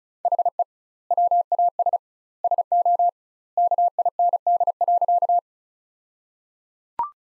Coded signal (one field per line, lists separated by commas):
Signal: Morse code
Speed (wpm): 36 wpm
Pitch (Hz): 700 Hz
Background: none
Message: HE WAS SO KIND.